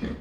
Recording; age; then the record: pig call; growing-finishing pig (85 days or more)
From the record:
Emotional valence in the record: negative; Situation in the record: barren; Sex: male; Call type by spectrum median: low-frequency call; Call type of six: low-frequency stable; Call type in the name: low-frequency stable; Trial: 4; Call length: 0.21 s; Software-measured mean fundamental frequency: 54 Hz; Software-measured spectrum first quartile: 183 Hz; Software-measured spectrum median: 291 Hz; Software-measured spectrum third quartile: 775 Hz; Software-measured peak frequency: 223 Hz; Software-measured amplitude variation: 127 dB a second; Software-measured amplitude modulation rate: 21.3 a second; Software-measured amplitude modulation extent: 6.0 dB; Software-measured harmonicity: 1.8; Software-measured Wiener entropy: -0.97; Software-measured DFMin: 690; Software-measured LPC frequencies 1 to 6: 299, 1025, 1811, 2383, 3356, 4267 Hz